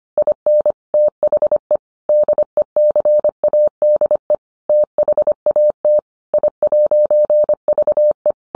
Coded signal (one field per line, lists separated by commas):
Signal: Morse code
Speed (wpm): 25 wpm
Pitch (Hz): 600 Hz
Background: none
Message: IN THE DECADE THAT I'VE